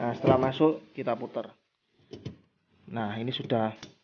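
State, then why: Not seated. An H4 LED headlight bulb is handled at a car headlamp housing while someone talks, with a pair of faint, brief ticks near 2.1 and 2.3 seconds between stretches of speech. The bulb has been inserted and is being twisted, but nothing has seated or clicked yet.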